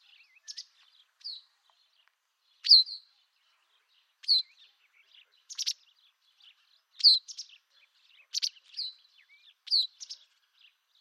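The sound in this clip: White wagtail calls: high, clipped two-note chirps repeated at irregular intervals, with softer twittering notes between the louder calls.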